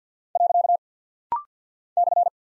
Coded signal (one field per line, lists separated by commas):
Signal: Morse code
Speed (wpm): 48 wpm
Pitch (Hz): 700 Hz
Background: none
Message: . /